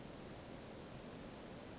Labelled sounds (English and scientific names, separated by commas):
Western Flycatcher (Empidonax difficilis)